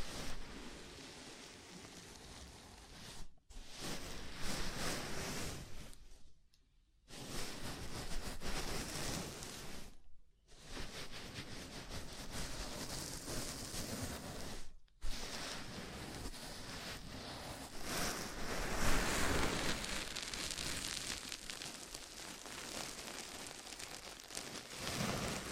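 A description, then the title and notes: Scalp massage with a dense, crackling rustle, like fingers working steadily through hair, full and fizzy from low to bright. The rubbing pauses briefly at about 3, 6 to 7, 10 and 15 seconds, then resumes at a similar, fairly even level. ASMR Sleepy Scalp Massage (No Talking).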